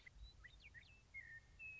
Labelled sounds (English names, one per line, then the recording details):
Western Meadowlark
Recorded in Sonoma County, California